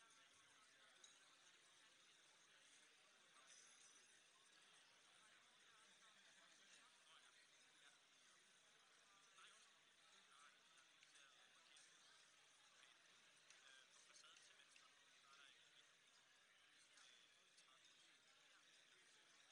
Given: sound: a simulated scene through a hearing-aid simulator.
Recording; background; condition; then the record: conversation; cafeteria (anchor of the quiet scene); -6 dB SNR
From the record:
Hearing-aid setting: anchor resembling a broken hearing aid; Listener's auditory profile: A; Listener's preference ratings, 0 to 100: 0, 0, 0